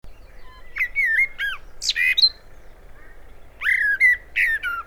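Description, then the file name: Common blackbird song: two phrases of rich, sliding fluty whistles, the first ending in a harsher, higher flourish. "Turdus merula"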